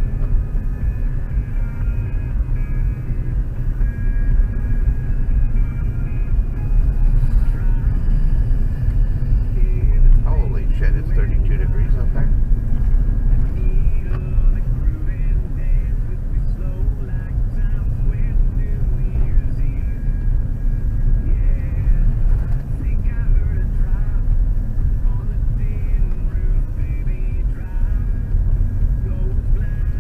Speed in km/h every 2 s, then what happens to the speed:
43, 44, 45, 47, 47, 46, 44, 41, 40, 41, 41, 40, 40, 36, 36.
0-9 steady at about 45. 9-15 slows to 40. 15-30 steady at about 40.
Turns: none.